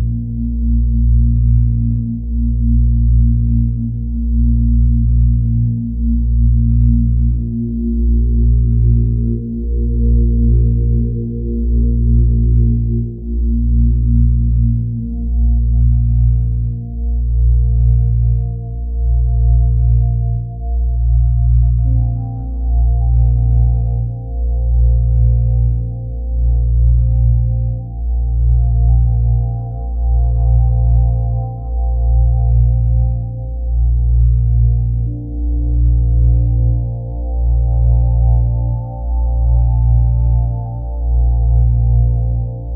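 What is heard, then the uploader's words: A calming binaural beat of deep, low tones swells and fades in a slow, even pulse roughly every two seconds throughout. Soft ambient keys drift above, holding long notes that shift gently and climb slightly higher after about twenty seconds. Calming binaural beat utilizing delta waves. Light ambient keys float like clouds above the deeper tones.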